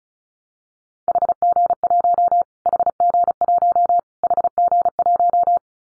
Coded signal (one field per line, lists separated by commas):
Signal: Morse code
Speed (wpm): 34 wpm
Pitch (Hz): 700 Hz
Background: none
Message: HG1 HG1 HG1